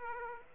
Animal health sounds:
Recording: mosquito wingbeat signal from an infrared sensor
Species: Aedes aegypti

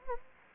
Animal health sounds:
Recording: mosquito wingbeat signal from an infrared sensor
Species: Anopheles gambiae

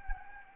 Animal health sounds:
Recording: mosquito wingbeat signal from an infrared sensor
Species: Anopheles gambiae

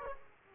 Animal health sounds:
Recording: mosquito wingbeat signal from an infrared sensor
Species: Aedes aegypti

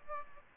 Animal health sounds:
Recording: mosquito wingbeat signal from an infrared sensor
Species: Aedes aegypti

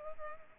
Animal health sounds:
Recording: mosquito wingbeat signal from an infrared sensor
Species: Culex pipiens

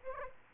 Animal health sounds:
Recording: mosquito wingbeat signal from an infrared sensor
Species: Aedes aegypti

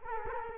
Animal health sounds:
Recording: mosquito wingbeat signal from an infrared sensor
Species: Culex quinquefasciatus

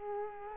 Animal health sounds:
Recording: mosquito wingbeat signal from an infrared sensor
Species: Culex quinquefasciatus

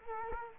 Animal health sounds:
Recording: mosquito wingbeat signal from an infrared sensor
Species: Culex quinquefasciatus

